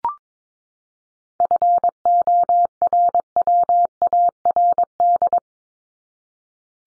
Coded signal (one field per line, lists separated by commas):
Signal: Morse code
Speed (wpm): 22 wpm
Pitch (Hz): 700 Hz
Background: none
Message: FORWARD